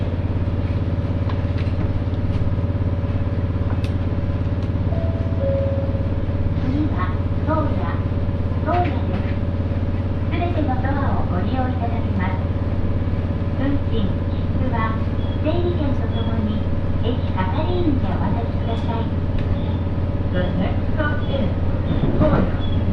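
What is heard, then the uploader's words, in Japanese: A train ride on the Muroran Main Line, carried by a steady, low engine hum and rumble that holds level the whole time. From about six seconds on, people's voices talk on and off over the drone, with a few faint clicks and rattles. 耳で楽しむ鉄道旅 室蘭本線 小幌→洞爺。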